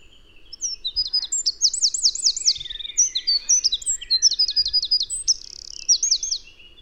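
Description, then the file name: Eurasian wren song, a long, loud outpouring of shrill twittering notes broken by several rapid trills and one lower rattle, with faint low rumble beneath. "Troglodytes troglodytes"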